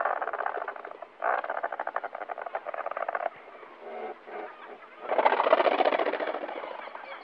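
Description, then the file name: Razorbill making rough, rattling growls in quick repeated pulses, fading briefly then swelling into a denser, louder burst toward the end. "Tordmule"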